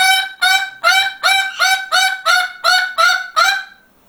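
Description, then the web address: Parrot giving harsh, harmonic squawks, several in quick succession, each slightly rising at the start, then falling silent. "попугай"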